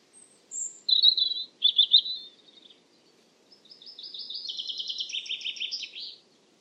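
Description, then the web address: European robin song: high, thin warbled phrases with fast sparkling trills, a pause, then a long run of jingling notes. "Deverinetal 2025"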